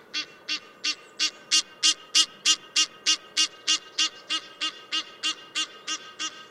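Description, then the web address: Egyptian goose calls: a long series of harsh, honking notes repeated steadily about three times per second, growing louder then fading slightly. "Tierstimmen Nilgans"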